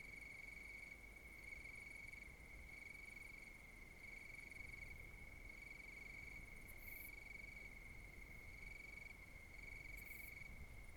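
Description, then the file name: Crickets give a continuous high-pitched trill, joined by a softer pulsing overtone that comes and goes in short, regular bursts, with low rumbling noise beneath. Countryside at night. "Countryside at the night crickets"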